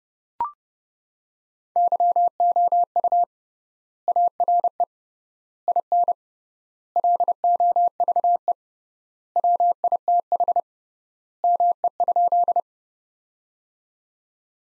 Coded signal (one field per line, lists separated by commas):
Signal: Morse code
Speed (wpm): 30 wpm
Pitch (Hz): 700 Hz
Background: none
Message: YOU ARE IN LOVE WITH ME?